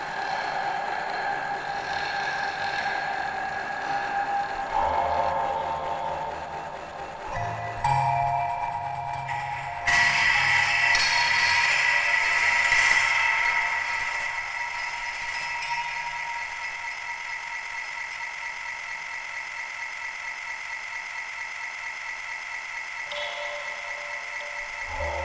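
Spring-loaded devices and effects: a dense, busy mix of metallic rattling, scraping and ratchet-like clicking under steady ringing tones. A sharp jolt near 8 seconds and a louder, brighter burst at 10 seconds lead into a sustained high whine that slowly fades.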